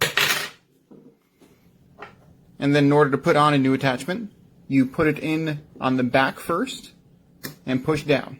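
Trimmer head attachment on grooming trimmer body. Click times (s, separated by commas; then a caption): 0.0 s. Someone pushes up on the front of the plastic trimmer head attachment on a Norelco Philips Multigroom 7000 Series grooming trimmer to unclip it from the trimmer body, and a sharp plastic pop at 0.0 s marks its release. A few faint handling taps follow, then someone talks, and the head comes off easily.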